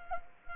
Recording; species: mosquito wingbeat signal from an infrared sensor; Culex quinquefasciatus